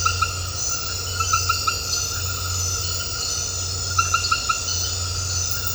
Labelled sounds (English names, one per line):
none